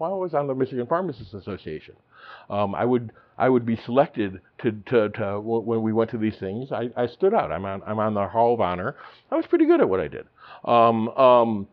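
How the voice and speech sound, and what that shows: A man speaks in a low, fairly steady voice with some disfluencies: a repeated phrase ("I would… I would"), a quick part-word repetition ("to-to-to"), and a stretched sound before pauses. This is a mild adult stutter, with speech otherwise largely fluent.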